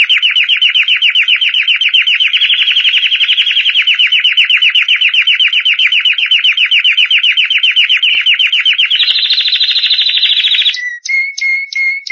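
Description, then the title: Canary song: a long, fast rolling trill held for about nine seconds, shifting up to a higher, brighter trill, then ending in a few clear whistled notes. Champion singing canary. "Kicau Burung Kenari Juara"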